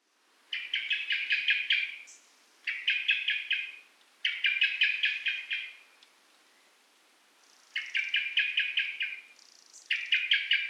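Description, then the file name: Common blackbird rattle: five bursts of fast, evenly spaced chacking notes, with brief high squeaks between bursts. "Turdus merula"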